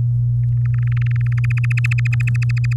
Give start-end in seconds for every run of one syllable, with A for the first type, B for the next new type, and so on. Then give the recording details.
0.65-1.39 A, 1.44-2.73 B. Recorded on 11 May 2018 at 05:40. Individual llb16